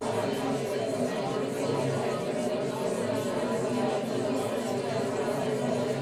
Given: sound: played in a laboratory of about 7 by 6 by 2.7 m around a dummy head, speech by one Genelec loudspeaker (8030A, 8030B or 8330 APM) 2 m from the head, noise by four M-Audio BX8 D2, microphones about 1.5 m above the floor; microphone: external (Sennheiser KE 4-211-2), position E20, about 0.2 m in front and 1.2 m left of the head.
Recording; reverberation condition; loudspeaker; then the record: babble noise; low; four, about 170 cm from the corners of the room and facing them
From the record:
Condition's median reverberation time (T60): about 310 ms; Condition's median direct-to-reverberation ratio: about 3.5 dB